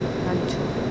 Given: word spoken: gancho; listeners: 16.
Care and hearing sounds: one Spanish word in noise, from a listening test; speech-shaped noise; -5.3 dB; 1 of 16; 12 of 16; 0.51 s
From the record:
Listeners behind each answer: 12, 1, 1, 1, 1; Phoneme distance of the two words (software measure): 7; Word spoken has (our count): 2 syllables, 5 phonemes, stress on syllable 1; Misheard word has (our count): 2 syllables, 4 phonemes, stress on syllable 1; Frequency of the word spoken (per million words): 4.01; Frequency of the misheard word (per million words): 22.37

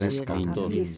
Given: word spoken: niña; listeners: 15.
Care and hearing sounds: one Spanish word in noise, from a listening test; four-talker babble; -1.9 dB; 0 of 15; 7 of 15; 0.57 s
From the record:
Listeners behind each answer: 7, 2, 1, 1, 1, 1, 1, 1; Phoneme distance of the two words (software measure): 58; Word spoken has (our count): 2 syllables, 4 phonemes, stress on syllable 1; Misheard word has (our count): 3 syllables, 8 phonemes, stress on syllable 3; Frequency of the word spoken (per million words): 72.01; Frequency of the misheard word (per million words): 66.17

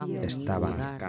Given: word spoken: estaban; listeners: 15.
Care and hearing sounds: one Spanish word in noise, from a listening test; four-talker babble; 0.1 dB; 3 of 15; 10 of 15; 0.69 s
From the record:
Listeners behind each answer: 10, 3, 1, 1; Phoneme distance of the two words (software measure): 7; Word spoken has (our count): 3 syllables, 7 phonemes, stress on syllable 2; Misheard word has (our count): 3 syllables, 6 phonemes, stress on syllable 2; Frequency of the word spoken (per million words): 174.97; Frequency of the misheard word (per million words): 613.58

